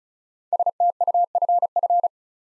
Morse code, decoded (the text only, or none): STUFF